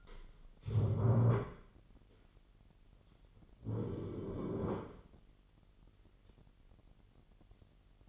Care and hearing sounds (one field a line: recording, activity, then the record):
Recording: daily activity, microphone in the room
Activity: stand up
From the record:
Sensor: 4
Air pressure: 999.3 hPa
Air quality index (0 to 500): 111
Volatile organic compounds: 2 ppm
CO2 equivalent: 1098 ppm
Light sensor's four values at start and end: 11/26/10/11 and 11/25/10/11